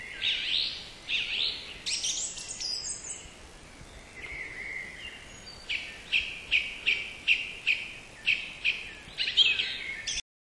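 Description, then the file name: Thrush singing varied whistled phrases, then a series of short bright notes repeated roughly twice a second toward the end, with soft background hiss. "drozd"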